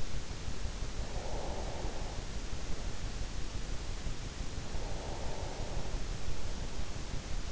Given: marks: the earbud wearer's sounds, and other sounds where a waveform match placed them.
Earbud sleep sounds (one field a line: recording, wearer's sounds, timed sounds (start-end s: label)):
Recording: sounds in sleep by an in-ear microphone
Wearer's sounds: breath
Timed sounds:
0.62-3.08 s: breath
4.66-6.48 s: breath